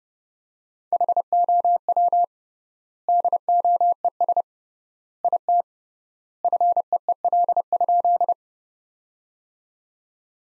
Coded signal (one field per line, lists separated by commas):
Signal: Morse code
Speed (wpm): 29 wpm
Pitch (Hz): 700 Hz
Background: none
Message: HOW DOES IT FEEL?